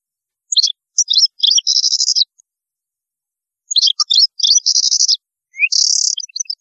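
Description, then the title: European goldfinch song: fast high twittering phrases ending in dense buzzy trills, three bursts with short gaps and a rising note near the end. "Chant Chardonneret"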